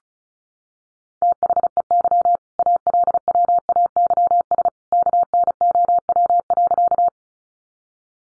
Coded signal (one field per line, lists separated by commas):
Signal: Morse code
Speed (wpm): 34 wpm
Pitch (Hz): 700 Hz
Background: none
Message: THEY ALWAYS KNOW.